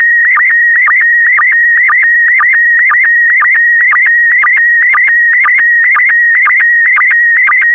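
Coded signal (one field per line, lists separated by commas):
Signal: SSTV (slow-scan television)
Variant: PD120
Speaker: transmission complete you can now check your decoded image against the picture that is shown on the video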